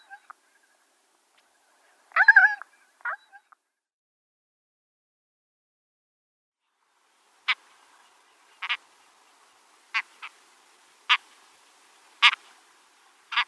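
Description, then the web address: Great skua giving a harsh, grating call and a shorter one, then after a pause a string of short sharp notes spaced about a second apart. Calls given at the nest. "Schulze Peter Great Skua calls at-nest"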